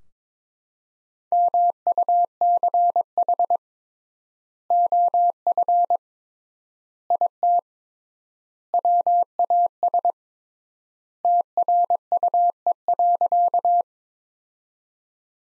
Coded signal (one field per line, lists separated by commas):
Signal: Morse code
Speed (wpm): 22 wpm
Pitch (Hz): 700 Hz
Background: none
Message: MUCH OF IT WAS TRUE.